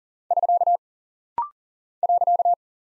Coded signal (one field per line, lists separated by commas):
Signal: Morse code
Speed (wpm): 39 wpm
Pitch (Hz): 700 Hz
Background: none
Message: <SK> .